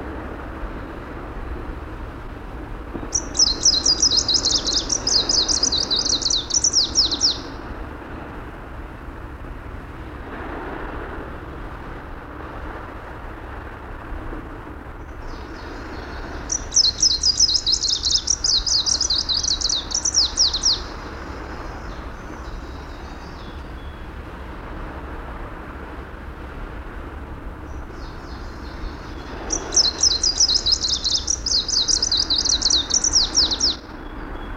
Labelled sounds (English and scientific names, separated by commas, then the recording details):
Greenish Warbler (Phylloscopus trochiloides) song
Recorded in the wild
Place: Sassnitz, Insel Rügen, Mecklenburg-Vorpommern, DE
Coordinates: 54.565, 13.615
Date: 1978-06-15
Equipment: Nagra III BH, Sennheiser MD 21, parabola
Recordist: Schubert, Michael
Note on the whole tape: Spontangesang Grüner Laubsänger